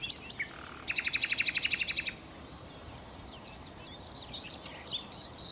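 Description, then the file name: Common nightingale song: a brief whistle, then a loud, rapid rattle of evenly repeated notes, followed by fainter chirping phrases. "Nachtigall"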